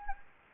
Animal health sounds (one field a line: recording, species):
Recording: mosquito wingbeat signal from an infrared sensor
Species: Anopheles gambiae